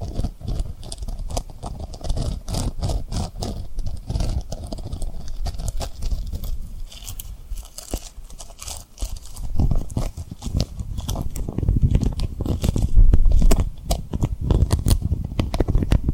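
Rapid tapping and rubbing on a rhinestone surface with crunchy, scratchy textures, dense and irregular, growing louder and heavier after about ten seconds.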